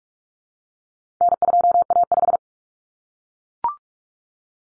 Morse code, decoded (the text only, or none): N2A5